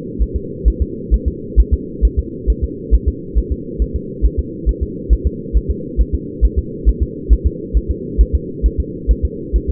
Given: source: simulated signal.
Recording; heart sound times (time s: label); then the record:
fetal heart sounds
0.22 s: S1
0.36 s: S2
0.68 s: S1
0.82 s: S2
1.14 s: S1
1.28 s: S2
1.60 s: S1
1.74 s: S2
2.05 s: S1
2.19 s: S2
2.50 s: S1
2.64 s: S2
2.94 s: S1
3.08 s: S2
3.38 s: S1
3.52 s: S2
3.82 s: S1
3.96 s: S2
4.25 s: S1
4.39 s: S2
4.69 s: S1
4.83 s: S2
5.13 s: S1
5.27 s: S2
5.57 s: S1
5.71 s: S2
6.01 s: S1
6.15 s: S2
6.45 s: S1
6.59 s: S2
6.89 s: S1
7.03 s: S2
7.33 s: S1
7.47 s: S2
7.77 s: S1
7.91 s: S2
8.21 s: S1
8.35 s: S2
8.66 s: S1
8.80 s: S2
9.11 s: S1
9.25 s: S2
9.56 s: S1
9.70 s: S2
From the record:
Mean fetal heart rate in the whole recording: 135 bpm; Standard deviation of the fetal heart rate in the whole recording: 3 bpm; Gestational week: 34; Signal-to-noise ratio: -4.1 dB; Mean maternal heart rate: no maternal heart sound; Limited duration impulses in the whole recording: absent